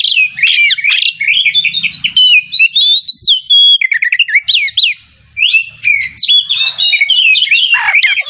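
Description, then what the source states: Oriental magpie-robin singing loud, clean whistled phrases and quick chirps, one brief pause midway, then more varied fast notes. Kacer from Tretes singing vigorously in the style called gacor.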